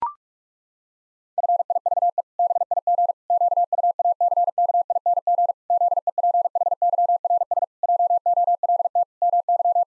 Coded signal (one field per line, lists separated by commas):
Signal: Morse code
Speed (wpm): 41 wpm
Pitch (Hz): 700 Hz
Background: none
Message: FIVE BIG QUACKING ZEPHYRS JOLT MY